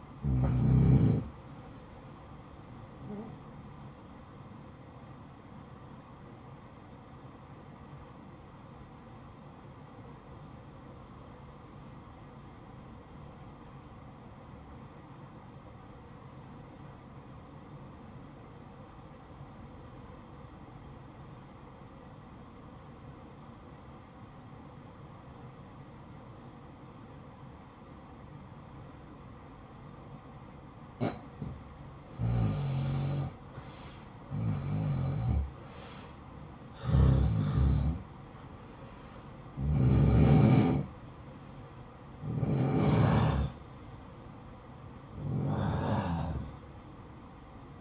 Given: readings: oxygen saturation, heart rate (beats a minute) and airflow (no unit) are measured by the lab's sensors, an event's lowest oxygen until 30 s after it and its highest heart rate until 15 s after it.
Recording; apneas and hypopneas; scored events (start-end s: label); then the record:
breathing in sleep by a smartphone at the bedside; 1
8.00-28.40 s: obstructive apnea (N1, oxygen 96% highest, then 90% lowest, heart rate 62 at the start, 66 highest)
From the record:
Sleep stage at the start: N1 (lightest sleep); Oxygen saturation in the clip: 89 to 96%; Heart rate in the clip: 54 to 77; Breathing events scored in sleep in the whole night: 573 in 9.8 hours asleep